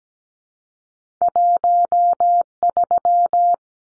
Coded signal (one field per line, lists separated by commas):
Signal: Morse code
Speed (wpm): 17 wpm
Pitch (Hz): 700 Hz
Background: none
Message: 13